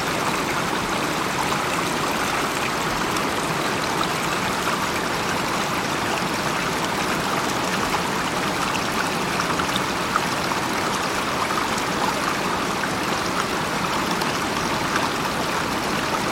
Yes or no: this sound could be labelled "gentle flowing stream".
yes